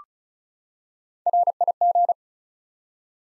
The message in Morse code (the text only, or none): RIG